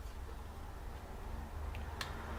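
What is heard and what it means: A laptop RAM stick is released from its memory slot by its retaining clips, giving two short clicks at 1.8 and 2.0 seconds over a low steady hum. The second stick clicks free and is removed.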